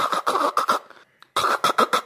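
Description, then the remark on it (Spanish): Someone vocally imitates the odd noise a car makes when the key is turned in the ignition: rapid, raspy stuttering bursts in two runs broken by a brief pause, fairly loud with a buzzy, mid-pitched tone. “Cuando prendo la llave hace como un sonido raro, hace... cuando giro la llave hace...”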